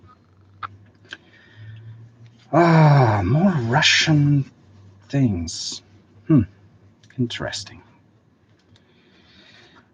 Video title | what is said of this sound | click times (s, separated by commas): Building the Lego Ghostbusters Ecto-1 Livestream Part 2 (Let's hope it goes better than the 1st one) | and that is going to SL slide in on that side and click into place | 0.6 s, 1.1 s